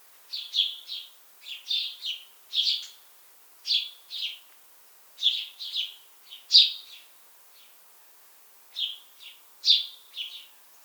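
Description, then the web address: House sparrow chattering in clusters of quick chirps, a brief lull, then a final few bursts. "pub SETE data Passer domesticus"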